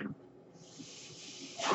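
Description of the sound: Steady airy hiss from a home mechanical ventilator, swelling into a louder rush of airflow at the end.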